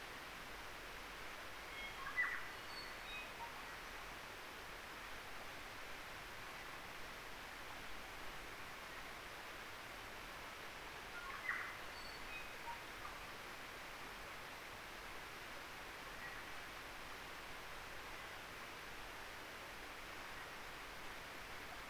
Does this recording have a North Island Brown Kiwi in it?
no